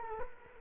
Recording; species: mosquito wingbeat signal from an infrared sensor; Culex quinquefasciatus